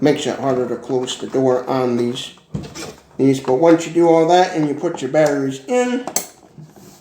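Someone talks while handling the back battery compartment door of a vintage portable General Electric G.E. AM/FM Super Radio after the batteries are put in; the door can be hard to close if the cord isn't coiled just right. Brief handling noises sound between the speech, but the door has not yet locked into place, and nothing has seated or clicked yet.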